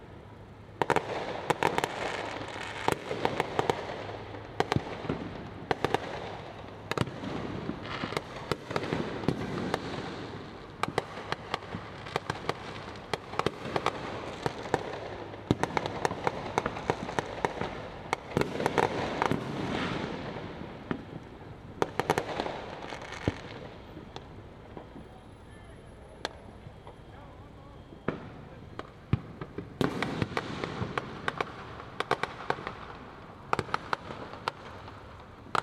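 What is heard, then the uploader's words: Competing fireworks crackle and bang across a city neighborhood, with dense bursts of sharp pops and rapid firecracker strings nearly throughout. A brief lull comes around the twenty-five second mark before the barrage resumes. Faint voices and an urban hum sit underneath. Competing fireworks, Hamilton Heights, Harlem, New York City, USA. Every 4th of July in my neighborhood, there is an hours-long competition to see which corner can launch the most illegal fireworks.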